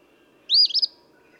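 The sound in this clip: Eastern phoebe song, a single short burst: a buzzy rising note followed by quick stuttering chips, the familiar fee-bee phrase, over quiet background.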